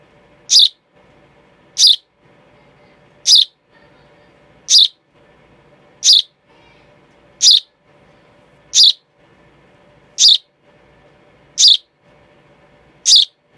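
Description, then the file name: Young sparrow repeating sharp high-pitched chirps, about ten calls evenly spaced every second and a half, faint steady background hum. "baby sparrow sound"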